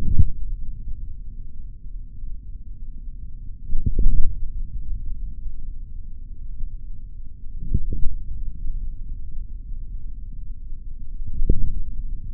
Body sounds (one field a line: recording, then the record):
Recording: forearm muscle sounds (acoustic myography)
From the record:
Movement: forearm supination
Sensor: system 3, bracelet of six PUI Audio POM-2738L microphones around the upper forearm, with dedicated amplification and filtering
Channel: 2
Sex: male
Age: 26 years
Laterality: right